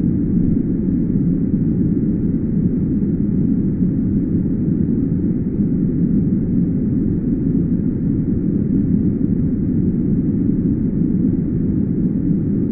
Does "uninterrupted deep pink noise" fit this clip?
yes